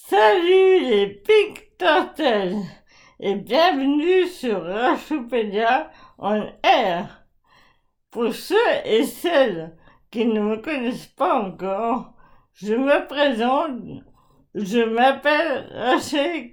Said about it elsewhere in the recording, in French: J'ai 40 ans et je suis atteinte de la maladie de Charcot. Comme vous pouvez l'entendre, ma voix est vraiment, vraiment touchée. Cette maladie atrophie tous les muscles du corps jusqu'à une complète paralysie.